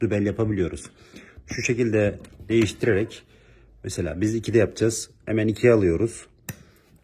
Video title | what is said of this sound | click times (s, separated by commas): Wooden Dowel Maker Review | tık diye oturuyor zaten. | 6.5 s